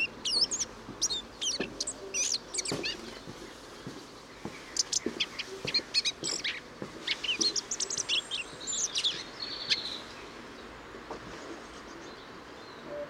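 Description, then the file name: Eurasian blackcap calls: sharp clicking notes and bursts of high, busy chirping and twittering, thinning out toward the end over a low background hiss. "Sylvia atricapilla"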